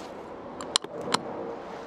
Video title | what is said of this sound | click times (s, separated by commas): The most LUXURIOUS SUV ever? - Rolls-Royce CULLINAN (3 BEST features and REVIEW) | there is a way to fix this all you have to do is push till you hear the click | 0.8 s